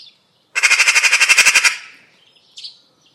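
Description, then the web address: Bird giving a loud, harsh rattle of rapid pulses lasting about a second, trailing off, then one short higher note. "cianscape birddata Deverinetal 2025 File origin Bird Only More Classes Pi Pi Pi Pi"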